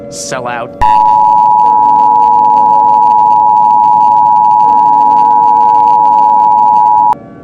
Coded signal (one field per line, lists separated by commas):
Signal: Emergency Alert System (SAME) tones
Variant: 853 and 960 Hz attention tone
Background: speech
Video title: EAS Scenario #3: Irradiating Chaos.